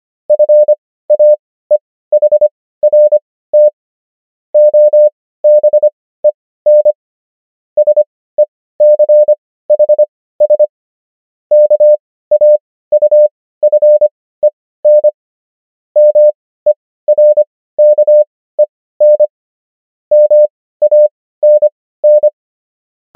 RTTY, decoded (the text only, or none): none